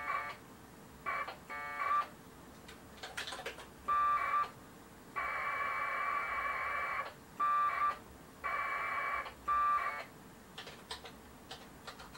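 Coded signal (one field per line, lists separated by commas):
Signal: packet radio (AX.25, as in APRS)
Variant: 1200 baud AFSK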